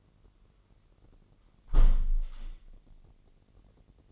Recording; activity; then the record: daily activity, microphone in the room; close window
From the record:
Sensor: 4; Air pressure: 999.4 hPa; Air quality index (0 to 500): 107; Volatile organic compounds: 2 ppm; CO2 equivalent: 1056 ppm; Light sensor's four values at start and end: 13/30/12/14 and 13/30/12/14